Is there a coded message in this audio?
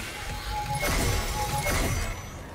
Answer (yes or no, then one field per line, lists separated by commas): no